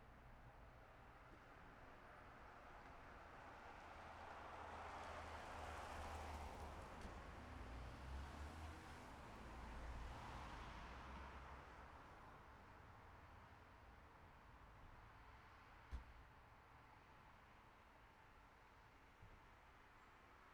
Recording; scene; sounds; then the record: everyday scene through a hearing-aid microphone; in traffic; traffic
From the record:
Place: city secondary road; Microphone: behind the ear, left, front